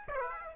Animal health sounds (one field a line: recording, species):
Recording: mosquito wingbeat signal from an infrared sensor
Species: Aedes aegypti